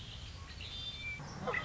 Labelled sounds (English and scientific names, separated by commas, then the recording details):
Red-winged Blackbird (Agelaius phoeniceus)
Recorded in Sonoma County, California